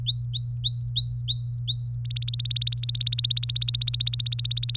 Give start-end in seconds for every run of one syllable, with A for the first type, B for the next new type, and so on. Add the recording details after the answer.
0.06-1.95 A, 2.05-4.76 B. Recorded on 24 April 2018 at 17:12. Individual llb3